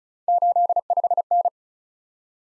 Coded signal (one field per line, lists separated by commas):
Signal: Morse code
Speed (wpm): 36 wpm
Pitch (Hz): 700 Hz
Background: none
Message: 85N